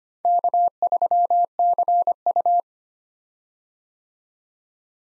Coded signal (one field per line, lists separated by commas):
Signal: Morse code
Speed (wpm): 25 wpm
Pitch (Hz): 700 Hz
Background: none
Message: K3CU